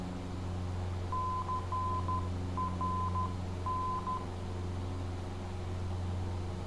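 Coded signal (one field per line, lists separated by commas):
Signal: Morse code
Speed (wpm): 13 wpm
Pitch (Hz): 1020 Hz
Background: none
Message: CRN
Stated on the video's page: NDB station ident heard on ADF near PASV airport in Alaska, in NDB navigation training.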